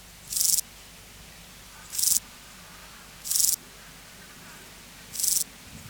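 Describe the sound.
Euchorthippus declivus grasshopper song: four brief, high, hissing rasps repeated about every one and a half seconds against faint background noise.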